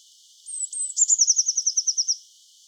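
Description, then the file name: Eurasian blue tit singing two high, thin whistled notes, then a quick run of many tinkling trill notes that gently drop in pitch. "Cyanistes caeruleus"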